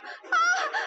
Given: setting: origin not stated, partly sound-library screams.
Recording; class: one-second piece from a danger detection set; woman in danger